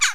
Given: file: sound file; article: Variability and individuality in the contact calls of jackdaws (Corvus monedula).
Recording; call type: jackdaw call; harmonic